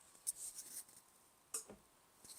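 The slide-out lower platen drawer of a VEVOR automatic heat press is pushed all the way into the press body, with light sliding and rubbing sounds before a strong, sharp click at 1.5 s. The drawer clicks and locks into place, which the press needs before it will start.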